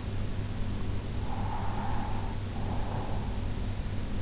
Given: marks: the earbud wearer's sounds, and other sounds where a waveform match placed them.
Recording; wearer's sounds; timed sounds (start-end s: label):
sounds in sleep by an in-ear microphone; breath
1.22-3.59 s: breath